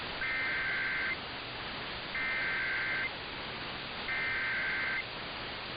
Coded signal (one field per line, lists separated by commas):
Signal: Emergency Alert System (SAME) tones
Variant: header bursts